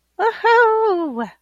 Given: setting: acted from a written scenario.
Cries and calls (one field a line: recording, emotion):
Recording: vocal sound without words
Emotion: triumph